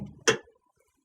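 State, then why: Seated. The top row of ticket bins on a Game Touch 28 game terminal is pushed back into the terminal's bin rack after low handling noise. A single sharp, loud click sounds at 0.3 s as the row snaps into place and its latch retracts into position, and the row is seated.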